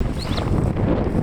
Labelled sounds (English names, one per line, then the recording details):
Superb Starling flight call
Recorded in Kenya on 18 July 2010
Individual 119, of group WDB